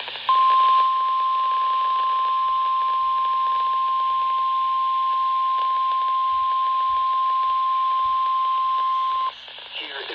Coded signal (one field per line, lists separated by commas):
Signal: Emergency Alert System (SAME) tones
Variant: 1050 Hz attention tone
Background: speech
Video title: My Favorite EAS alerts from 2025